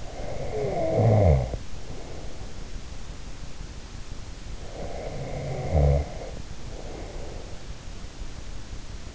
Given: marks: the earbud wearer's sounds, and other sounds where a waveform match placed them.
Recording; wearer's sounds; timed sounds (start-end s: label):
sounds in sleep by an in-ear microphone; snoring breath
0.00-2.74 s: snoring breath
4.71-7.88 s: snoring breath